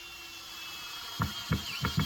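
A cordless drill drives a Phillips screw into wood framing lumber, and its clutch clicks as it slips at its torque setting; cam-out of the bit is also possible. Over a steady background hum, three evenly spaced sharp clicks land at 1.2 s, 1.5 s and 1.9 s, with another similar burst near 2.0 s. The screw has stopped turning at the clutch's torque limit.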